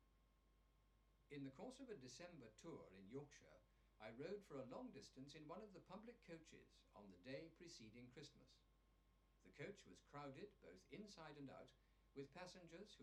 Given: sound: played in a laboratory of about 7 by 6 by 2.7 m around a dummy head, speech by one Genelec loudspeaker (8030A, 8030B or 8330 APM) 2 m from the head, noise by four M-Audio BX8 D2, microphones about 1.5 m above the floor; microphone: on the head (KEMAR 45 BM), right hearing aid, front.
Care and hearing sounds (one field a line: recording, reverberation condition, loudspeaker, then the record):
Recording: male speech in English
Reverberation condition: low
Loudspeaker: in front (0 degrees)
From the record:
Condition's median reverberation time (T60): about 310 ms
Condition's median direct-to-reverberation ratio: about 3.5 dB